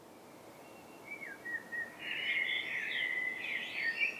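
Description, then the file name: Eurasian blackbird giving a few soft whistled notes, then a fuller warbled phrase with high squeaky flourishes at the end; faint background hiss. "Turdus merula"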